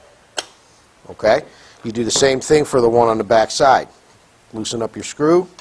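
A metal support arm on a RIDGID 300 power drive, used for mounting a RIDGID 141 geared pipe threader, clicks back into place at 0.4 s after the eighth-inch set screw on its collet is loosened with an allen wrench and the arm is slid back. The sharp click is followed by someone talking, and the arm is seated.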